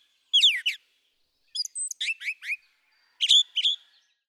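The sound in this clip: Brown thrasher song: three short bursts of harsh, sliding chirps and whistles, each phrase delivered as quick repeated notes with pauses between.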